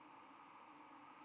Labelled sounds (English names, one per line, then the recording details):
White-throated Sparrow flight call
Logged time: 06:36 on 10 November 2014